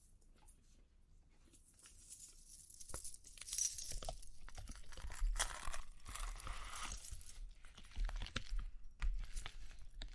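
Close tapping and scratching sounds, like ear cleaning, with light metallic jingling mixed in. It starts quiet, then from about two seconds on grows busier with bright crackly scratches and sharp taps. A low rumble sits underneath throughout.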